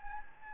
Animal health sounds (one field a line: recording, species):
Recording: mosquito wingbeat signal from an infrared sensor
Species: Anopheles gambiae